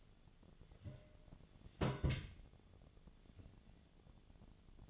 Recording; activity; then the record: daily activity, microphone in the room; place on stove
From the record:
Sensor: 4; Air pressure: 1010.8 hPa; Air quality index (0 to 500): 167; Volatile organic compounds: 4 ppm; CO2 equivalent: 1700 ppm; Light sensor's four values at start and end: 39/112/45/46 and 39/112/45/46